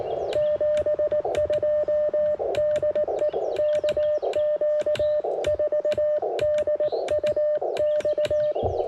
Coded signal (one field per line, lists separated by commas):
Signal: Morse code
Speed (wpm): 18 wpm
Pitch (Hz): 600 Hz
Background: music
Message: 72 DE KQ4DUX